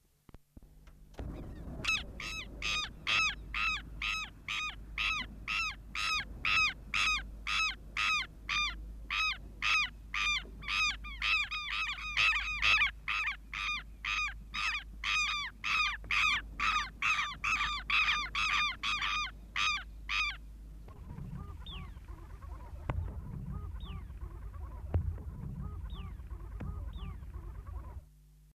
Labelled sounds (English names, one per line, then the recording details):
Southern Lapwing call
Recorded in the wild
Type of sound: call
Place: AR
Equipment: Halbspur, 9,5 cm/s
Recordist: Lütgens, Hans
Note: Am Ende mit Jungen-Lauten